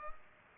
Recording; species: mosquito wingbeat signal from an infrared sensor; Culex pipiens